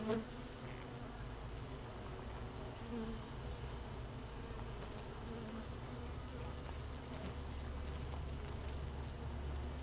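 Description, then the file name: Honey bees droning inside a hive, a continuous low hum with soft fluctuating tones and a brief knock at the start. Hive 1 without a queen, recorded 31 May 2018 at 15:30. "Hive 1 31 05 2018 NO Queen Bee H 1"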